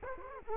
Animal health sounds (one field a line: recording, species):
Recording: mosquito wingbeat signal from an infrared sensor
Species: Culex quinquefasciatus